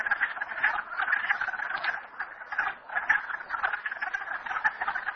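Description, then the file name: Frog chorus, quick ratchet-like croaks overlapping in a continuous trilling din with brief dips in loudness. Recorded at Merryspring. "frogs merryspring 42008"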